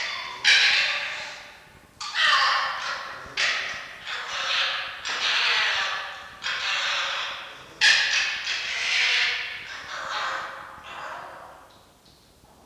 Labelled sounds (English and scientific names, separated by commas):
Red Fox (Vulpes vulpes)